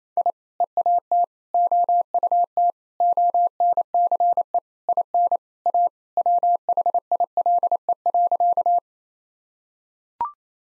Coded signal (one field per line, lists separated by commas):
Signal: Morse code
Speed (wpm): 28 wpm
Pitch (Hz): 700 Hz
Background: none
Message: I EAT OUT ONCE IN A WHILE.